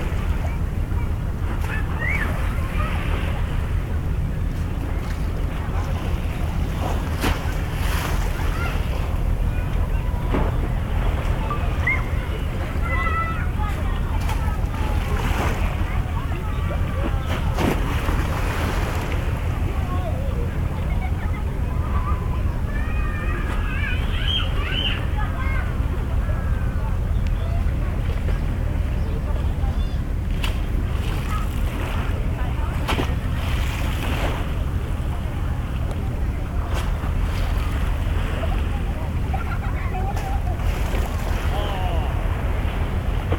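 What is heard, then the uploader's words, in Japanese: Waves lap at Yokohama harbor over a steady, deep rumble that holds for the whole recording, like an idling boat engine. Sharp slaps and splashes of water come irregularly, and faint voices surface now and then, most around the middle. とある日の横浜港。Mic: Mu6 Lifelike2。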